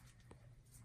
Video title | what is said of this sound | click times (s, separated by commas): Installing Furnace Ignitor | until it snaps that's good perfect | 0.3 s